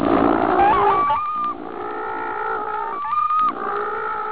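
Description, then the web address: Penguins braying in harsh, honking calls with strong harmonics, one voice rising and breaking into a gulping note, overlapping with others. "lynn penguins"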